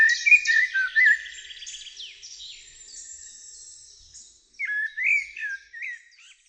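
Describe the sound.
Bird song: a burst of tumbling warbled notes, fading into a soft high twittering, then after a short pause another loud slurred, rising and falling phrase.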